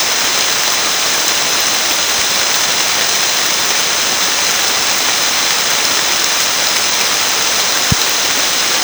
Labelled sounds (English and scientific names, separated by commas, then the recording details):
none
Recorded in secondary vegetation near Puerto Asís, Putumayo, Colombia, on 29 June 2025 at 13:00
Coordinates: 0.498, -76.327
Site GP09